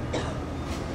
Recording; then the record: coughing mixed with background sound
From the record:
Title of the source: female coughing - coughing sound effects girl